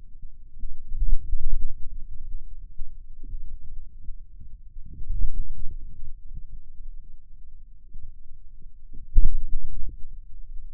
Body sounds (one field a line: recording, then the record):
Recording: forearm muscle sounds (acoustic myography)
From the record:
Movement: ulnar deviation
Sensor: system 2, bracelet of six BSWA MPA416 microphones around the upper forearm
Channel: 5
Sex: male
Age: 22 years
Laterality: right